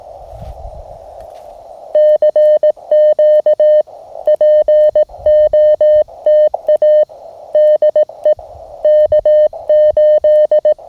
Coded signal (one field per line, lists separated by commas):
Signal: Morse code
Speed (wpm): 18 wpm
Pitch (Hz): 590 Hz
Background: none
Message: CQ POTA DE K8